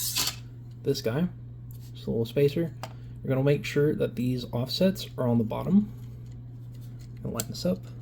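A small 3D-printed plastic spacer is handled and lined up on the axle of a 3D-printed tourbillon, with its offsets on the bottom, while someone talks over faint light handling noises and a steady low hum. Nothing has seated or clicked yet.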